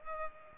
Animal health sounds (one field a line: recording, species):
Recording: mosquito wingbeat signal from an infrared sensor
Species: Culex pipiens